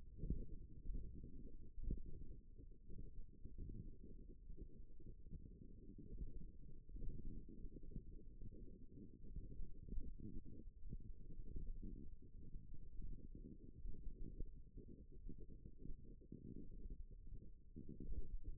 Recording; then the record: forearm muscle sounds (acoustic myography)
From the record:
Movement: index flexion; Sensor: system 1, eight BSWA MPA416 microphones around the upper forearm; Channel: 7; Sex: female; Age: 21 years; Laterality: right